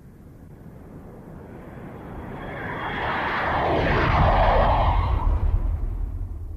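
vehicle, airplane engine

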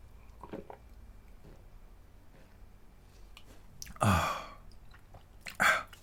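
human body sound, drinking water

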